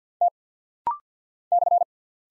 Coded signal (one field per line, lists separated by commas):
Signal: Morse code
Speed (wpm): 49 wpm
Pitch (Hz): 700 Hz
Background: none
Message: T /